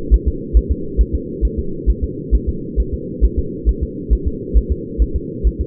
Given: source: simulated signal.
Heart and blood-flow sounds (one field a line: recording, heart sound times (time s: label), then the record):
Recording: fetal heart sounds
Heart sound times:
0.14 s: S1
0.28 s: S2
0.57 s: S1
0.71 s: S2
1.01 s: S1
1.15 s: S2
1.45 s: S1
1.59 s: S2
1.90 s: S1
2.04 s: S2
2.35 s: S1
2.49 s: S2
2.80 s: S1
2.94 s: S2
3.25 s: S1
3.39 s: S2
3.69 s: S1
3.83 s: S2
4.13 s: S1
4.27 s: S2
4.57 s: S1
4.72 s: S2
5.02 s: S1
5.16 s: S2
5.47 s: S1
5.61 s: S2
From the record:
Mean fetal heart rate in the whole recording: 135 bpm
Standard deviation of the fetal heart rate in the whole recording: 3 bpm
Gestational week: 34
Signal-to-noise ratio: -4.3 dB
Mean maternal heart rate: 72 bpm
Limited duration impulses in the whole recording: absent